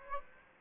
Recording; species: mosquito wingbeat signal from an infrared sensor; Aedes aegypti